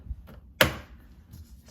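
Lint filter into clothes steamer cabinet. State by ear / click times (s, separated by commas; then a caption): seated / 0.6 s. A plastic lint filter is fitted into its slot in an LG Styler clothes steamer cabinet, lined up with its front and rear markings. After a faint knock near 0.3 seconds, a single sharp, loud snap rings out at 0.6 seconds and quickly decays into quiet. The filter snaps into place and is seated.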